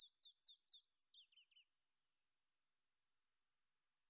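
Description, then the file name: Willow warbler song: a rapid burst of high, thin, rattling notes, a pause, then a short series of clear downslurred whistles at even spacing. Mixed singer combining willow warbler and common chiffchaff song. "Mischs Fitis Zilpzalp"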